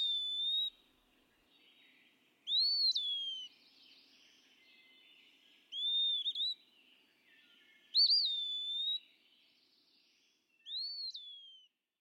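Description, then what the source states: Eastern Wood-Pewee song: slow, plaintive whistled slurs, some rising then falling, repeated every few seconds with long pauses between. Plaintive note.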